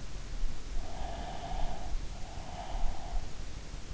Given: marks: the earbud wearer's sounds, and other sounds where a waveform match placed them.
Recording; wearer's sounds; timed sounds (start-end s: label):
sounds in sleep by an in-ear microphone; breath
0.82-3.47 s: breath